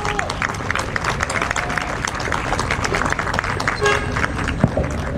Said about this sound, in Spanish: Un aplauso, por favor.